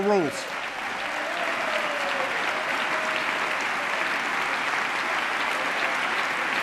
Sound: applause

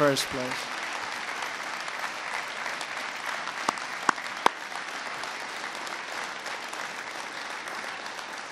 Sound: applause

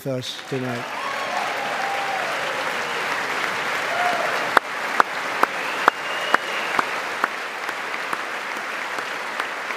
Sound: applause

